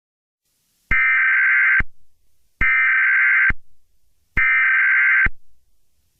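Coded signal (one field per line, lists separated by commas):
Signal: Emergency Alert System (SAME) tones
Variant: header bursts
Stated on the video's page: Fictional EAS scenario made with editing software, containing valid EAS tones and sirens.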